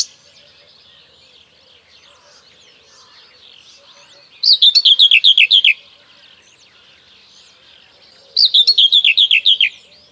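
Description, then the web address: Common whitethroat giving two short, scratchy song bursts of rapid repeated notes roughly four seconds apart; quiet chirps of other birds fill the gaps. "Kurs PTTK Kurs materiały 01 Przyroda Ptaki Cierniówka"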